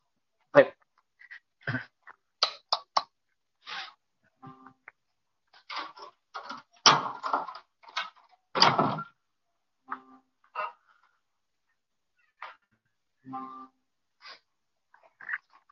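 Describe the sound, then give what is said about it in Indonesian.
A door is opened amid a scattered series of sharp clicks, knocks and shuffling bumps, with brief squeaky creaks in between and short quiet gaps; no one speaks. “Dan sebentar ya, saya buka pintu dulu agak biar agak terang.”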